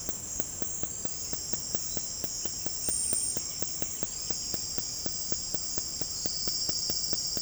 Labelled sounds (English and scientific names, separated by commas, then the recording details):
White-winged Becard (Pachyramphus polychopterus)
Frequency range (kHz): White-winged Becard (Pachyramphus polychopterus) 1.6-4.4 kHz
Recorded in dense forest near Puerto Asís, Putumayo, Colombia, on 21 February 2024 at 07:30
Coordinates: 0.487, -76.319
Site G6403